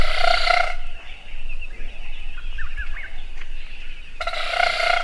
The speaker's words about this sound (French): L'instrument à l'origine de ce vrombissement ne sort ni d'une trompette, ni du syrinx de l'oiseau et ses pseudo-cordes vocales. Ce son est le résultat de rapides battements d'ailes d'un oiseau vivant dans la moitié sud de l'Afrique